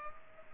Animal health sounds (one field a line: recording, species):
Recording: mosquito wingbeat signal from an infrared sensor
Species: Culex pipiens